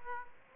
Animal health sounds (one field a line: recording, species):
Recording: mosquito wingbeat signal from an infrared sensor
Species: Aedes aegypti